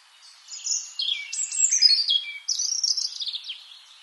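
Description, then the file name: European robin song: a fast tumbling series of high, thin, jumping notes and trills, rich and varied throughout. "Erithacus rubecula"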